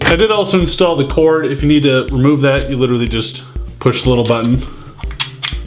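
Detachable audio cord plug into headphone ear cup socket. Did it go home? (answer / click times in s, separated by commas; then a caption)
yes / 5.4 s. Someone talks as a detachable audio cord is released from the socket of a 3D-printed headphone ear cup by pressing its small release button, then pushed back in. A few small clicks come near the end, and the plug snaps into the socket with a sharp click at 5.5 seconds, seating fully.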